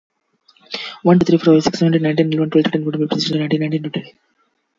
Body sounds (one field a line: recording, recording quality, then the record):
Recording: counting at a fast pace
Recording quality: excellent, no background noise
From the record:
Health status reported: healthy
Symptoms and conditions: hypertension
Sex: male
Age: 28 years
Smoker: not ticked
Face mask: not worn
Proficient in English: yes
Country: India